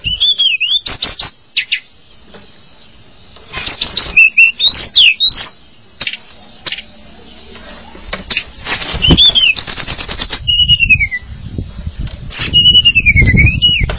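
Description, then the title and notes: Bird song alternating wavy whistles and clipped rattling bursts with long quiet gaps, and a low rumbling noise underneath toward the end. "Bird Sound. Kicau Burung Lengkap"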